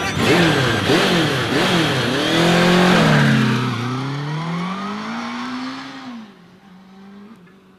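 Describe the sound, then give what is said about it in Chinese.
A motorcycle engine revs in rising and falling surges, its pitch sweeping up and down before settling into a steady, lower drone that fades slightly toward the end. “我远远的就看见你的摩托车支在这儿”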